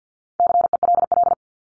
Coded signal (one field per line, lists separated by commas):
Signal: Morse code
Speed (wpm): 48 wpm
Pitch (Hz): 700 Hz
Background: none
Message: CELL